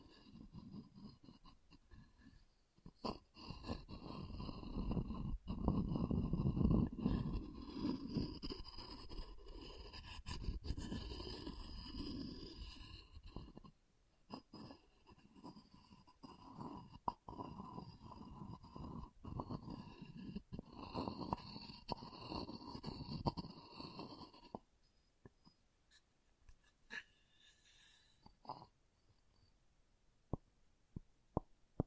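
Wood being handled, with a dense, rumbling run of scraping and rubbing from about 3 to 25 seconds, heaviest around 5 to 12 seconds. Sharp clicks and taps break through throughout. After 25 seconds it thins to a near-silent stretch with a few isolated light taps.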